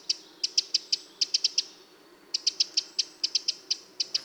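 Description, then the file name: Eurasian wren giving hard, dry ticking calls in uneven runs, with a short pause midway. "Troglodytes troglodytes"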